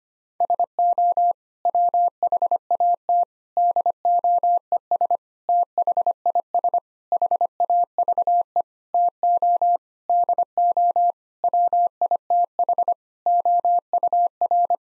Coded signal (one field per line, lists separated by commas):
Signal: Morse code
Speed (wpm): 25 wpm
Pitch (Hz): 700 Hz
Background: none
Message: SO WHAT DOES THIS HAVE TO DO WITH OUR